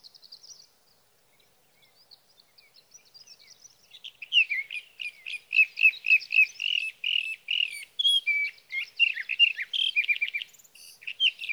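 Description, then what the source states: Sage thrasher song, starting as faint high thin notes, then swelling into a long, rapid, continuous warble of varied chirpy and slurred phrases. Male singing through the night near his night roost, evening of June 12 to morning of June 15, 2018, Sierra Valley, California; Swift recorder.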